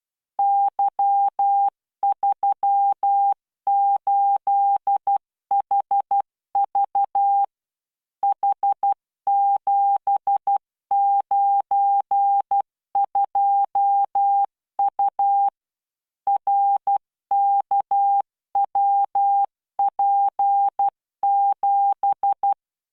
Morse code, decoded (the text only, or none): Y38HV H792U RKWP7